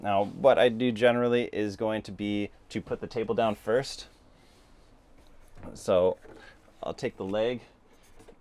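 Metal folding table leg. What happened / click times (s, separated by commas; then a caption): The table leg is being handled but has not locked yet / none. Someone talks while taking hold of the folding table leg of the camper dinette table in a 2026 TAB 360 CS teardrop trailer, preparing to push its small tab up and flip the leg up so it locks into position for the table to rest on. Only speech is heard, with short pauses of quiet handling. Nothing has locked or clicked into place yet.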